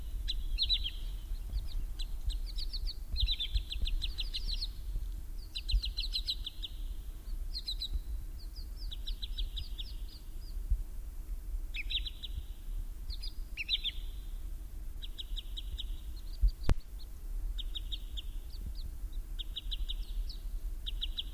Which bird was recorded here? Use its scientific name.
Tringa glareola